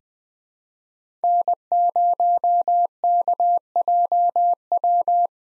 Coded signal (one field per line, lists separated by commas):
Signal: Morse code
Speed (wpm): 21 wpm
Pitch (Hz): 700 Hz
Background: none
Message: N0KJW